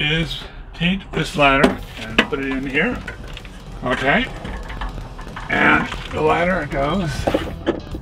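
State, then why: Not seated. Someone talks while an RV loft/roof-access ladder is handled toward the rubber clamps mounted in a storage bay, with a few brief knocks around 4.8 and 5.4 seconds. The ladder has not yet snapped into the clamps, and nothing has seated or clicked yet.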